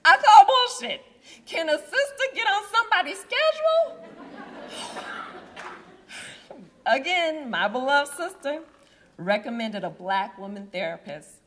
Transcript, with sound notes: I call bullshit! Can a sista get on somebody's schedule? (laughing) Again, my beloved sister, recommended a black woman therapist,